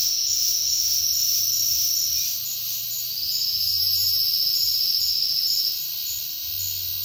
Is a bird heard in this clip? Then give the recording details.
no. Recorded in dense forest near Puerto Asís, Putumayo, Colombia, on 19 February 2024 at 09:30. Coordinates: 0.496, -76.326. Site G6383